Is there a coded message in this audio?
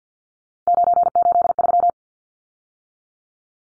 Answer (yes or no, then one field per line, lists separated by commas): yes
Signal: Morse code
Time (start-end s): 0.7-1.9 s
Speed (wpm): 49 wpm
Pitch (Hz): 700 Hz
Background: none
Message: 983